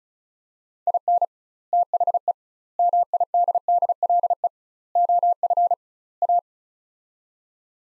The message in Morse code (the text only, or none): IN THE MIDDLE OF A